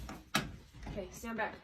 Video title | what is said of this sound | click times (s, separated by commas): ANABELLE + CURSED ROBERT DOLL + PYRAMID TECHNOLOGY! Creepy, Scary, and Weird videos (#1) | Shut the door, make sure it clicks. | 0.4 s